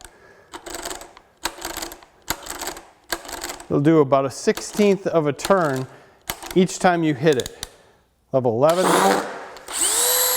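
A DEWALT 20V hammer drill with anti-rotation safety (DCD1007WW1 / DCD1007B), its electronic clutch set to level 7, drives a screw with sharp clutch clicks at 0.8, 1.5, 1.8, 2.3, 2.5 and 3.1 seconds. Each click advances the fastener about a sixteenth of a turn, confirming the clutch is working at that level. Someone then talks.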